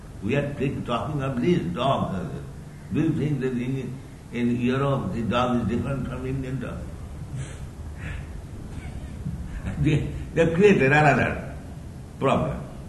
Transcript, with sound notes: We are talking of these dogs. Do you think that in Europe the dog is different from Indian dog? [laughs] They have created another problem.